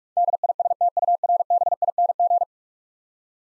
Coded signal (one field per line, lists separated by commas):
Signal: Morse code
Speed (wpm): 46 wpm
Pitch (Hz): 700 Hz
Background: none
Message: DISTURBING